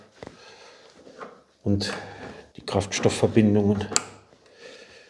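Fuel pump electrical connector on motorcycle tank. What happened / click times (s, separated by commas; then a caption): The electrical plug clicked into its socket / 0.2 s. During a fuel filter change on a BMW R 1150 GS with the tank removed, the electrical connector for the tank's fuel pump is plugged in after contact spray is applied. A short sharp click is heard at 0.2 s as the plug seats, followed by someone talking.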